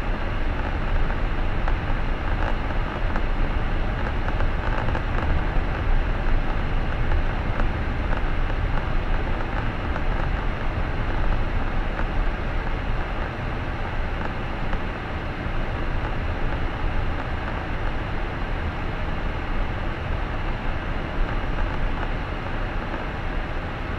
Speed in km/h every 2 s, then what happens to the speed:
23, 24, 25, 26, 26, 25, 25, 26, 26, 25, 24, 23.
0-24 steady at about 25.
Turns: none.